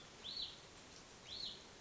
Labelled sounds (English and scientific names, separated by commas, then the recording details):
Hutton's Vireo (Vireo huttoni)
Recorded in Sonoma County, California